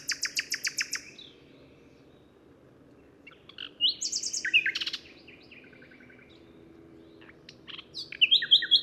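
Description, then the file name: Common nightingale song opening with a burst of rapid repeated notes, then a varied phrase with a quick rattle, and a final trilled series. "Luscinia megarhynchos"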